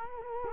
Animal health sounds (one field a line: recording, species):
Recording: mosquito wingbeat signal from an infrared sensor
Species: Culex quinquefasciatus